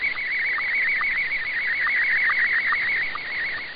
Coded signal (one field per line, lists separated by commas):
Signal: SSTV (slow-scan television)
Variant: Scottie 1